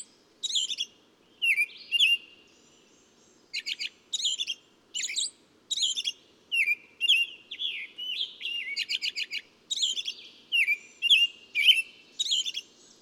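Bird song: bursts of sharp, twittering chirps in quick groups, separated by short pauses, with a faint low hum underneath.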